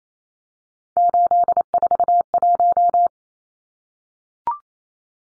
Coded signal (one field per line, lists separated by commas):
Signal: Morse code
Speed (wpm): 28 wpm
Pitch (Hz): 700 Hz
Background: none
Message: 841